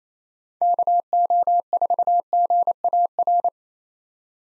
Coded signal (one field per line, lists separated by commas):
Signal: Morse code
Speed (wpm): 28 wpm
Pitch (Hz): 700 Hz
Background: none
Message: KO4GAR